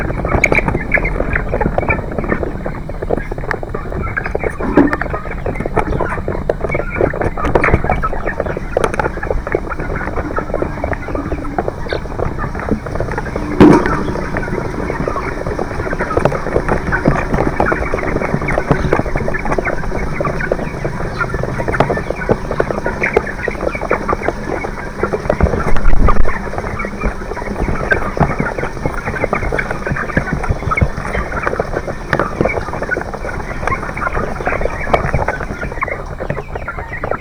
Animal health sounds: poultry house recording; background noise or bird activity such as feeding and pecking

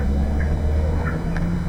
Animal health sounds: poultry house recording; background noise or bird activity such as feeding and pecking

